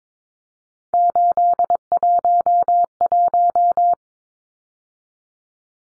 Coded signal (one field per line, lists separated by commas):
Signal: Morse code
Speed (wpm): 22 wpm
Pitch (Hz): 700 Hz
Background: none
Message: 811